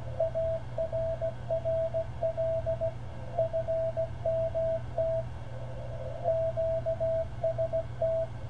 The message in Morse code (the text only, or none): ARRL FMT QST